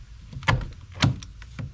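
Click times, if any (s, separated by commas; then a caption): 0.5 s, 1.0 s. A window switch panel is pressed by hand into the plastic door trim of a 1992-to-present Ford E150, E250 or E350 van. Two sharp plastic snaps ring out at 0.5 s and 1.0 s among fainter taps, and the panel pops into place, seated.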